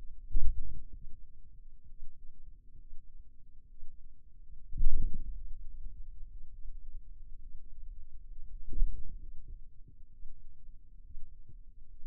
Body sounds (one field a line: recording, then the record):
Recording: forearm muscle sounds (acoustic myography)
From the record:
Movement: radial deviation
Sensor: system 2, bracelet of six BSWA MPA416 microphones around the upper forearm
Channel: 5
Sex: male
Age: 22 years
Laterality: right